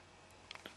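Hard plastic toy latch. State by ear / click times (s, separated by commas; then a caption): seated / 0.5 s. A body section of a plastic Transformers Autobot Omnibot Overdrive transforming robot toy is moved into its locked transformation position during transformation, against a quiet background. A sharp click at 0.5 s marks the section clicking into place, followed by two smaller clicks at about 0.6 and 0.7 s. The section is confirmed seated.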